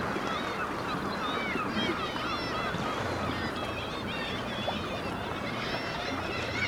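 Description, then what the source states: Black-legged kittiwakes, a crowded chorus of bending nasal calls at several pitches over a steady background roar. Kittiwakes recorded at Dunbar.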